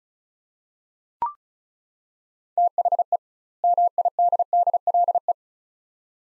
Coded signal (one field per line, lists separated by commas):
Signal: Morse code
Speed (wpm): 36 wpm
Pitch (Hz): 700 Hz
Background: none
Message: THE MIDDLE